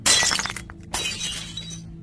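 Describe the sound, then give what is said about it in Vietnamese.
A bathroom mirror is smashed by a woman, its glass shattering with a loud, bright crash, followed by a brief pause and a second burst of tinkling shards that scatter and fade out over a couple of seconds. “Hồng kinh hãi vơ vội mọi thứ ở trên bàn ném vào cái đầu, rồi đập vỡ tan tành cái gương.”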